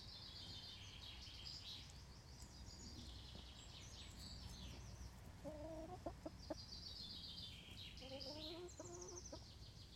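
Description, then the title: Chickens giving soft, short clucks in small bursts, with high thin chirps scattered through and a steady low rumble underneath. Several chickens making small noises while eating in a henhouse, Laren Gld., July 18th 2015. "Henhouse. Kippenhok (Laren Gld"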